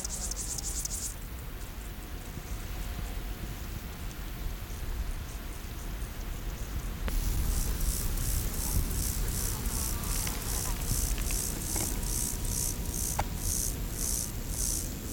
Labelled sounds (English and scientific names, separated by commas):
Field Grasshopper (Chorthippus brunneus) stridulation